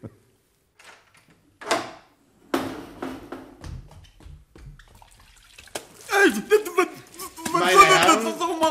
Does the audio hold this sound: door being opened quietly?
yes